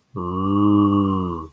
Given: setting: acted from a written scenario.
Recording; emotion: vocal sound without words; awe